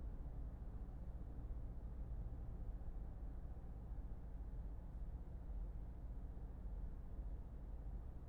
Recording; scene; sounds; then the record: everyday scene through a hearing-aid microphone; in a vehicle; engine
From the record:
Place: Berlingo II, diesel engine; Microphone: behind the ear, left, front